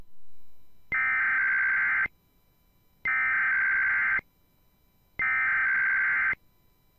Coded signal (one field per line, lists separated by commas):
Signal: Emergency Alert System (SAME) tones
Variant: header bursts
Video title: Tests, Weather Alerts & More! (EAS 329-350) 9/20/2021 & 9/21/2021